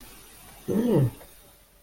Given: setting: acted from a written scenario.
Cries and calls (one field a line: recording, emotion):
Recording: vocal sound without words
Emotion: interest